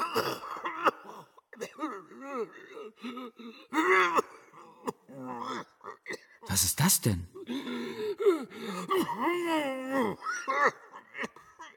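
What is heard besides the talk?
strange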